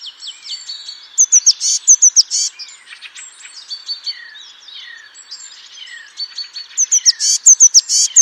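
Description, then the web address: Bird twittering at high pitch, with bright repeated chirps grouped in busy bursts at the start and end and quieter, scattered notes in between. "Deverinetal 2025 File origin Bird Only Cy Ca"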